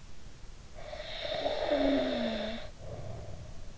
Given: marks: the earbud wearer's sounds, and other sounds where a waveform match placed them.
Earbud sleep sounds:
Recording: sounds in sleep by an in-ear microphone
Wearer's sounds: snoring breath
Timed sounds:
0.83-3.71 s: snoring breath

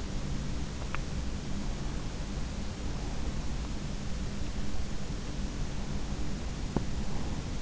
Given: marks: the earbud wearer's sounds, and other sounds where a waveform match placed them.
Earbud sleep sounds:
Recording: sounds in sleep by an in-ear microphone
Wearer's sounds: teeth grinding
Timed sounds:
0.67-1.27 s: teeth grinding
6.60-6.93 s: teeth grinding

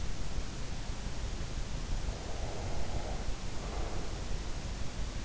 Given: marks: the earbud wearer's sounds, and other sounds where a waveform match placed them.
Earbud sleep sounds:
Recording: sounds in sleep by an in-ear microphone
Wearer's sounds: breath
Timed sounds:
1.97-4.10 s: breath

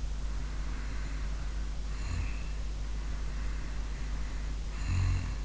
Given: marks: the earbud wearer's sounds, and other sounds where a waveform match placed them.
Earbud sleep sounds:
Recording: sounds in sleep by an in-ear microphone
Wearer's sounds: snoring breath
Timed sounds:
0.26-2.52 s: snoring breath
2.91-5.37 s: snoring breath

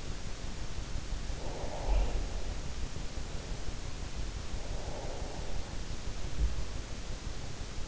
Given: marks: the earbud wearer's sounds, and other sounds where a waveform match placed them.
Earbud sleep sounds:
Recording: sounds in sleep by an in-ear microphone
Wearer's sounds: breath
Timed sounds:
1.44-2.35 s: breath
4.48-5.87 s: breath

